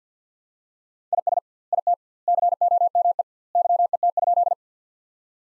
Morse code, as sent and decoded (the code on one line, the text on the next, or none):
.. ... / .. - / -.-. --- -- . / -.-- . - ..--..
IS IT COME YET?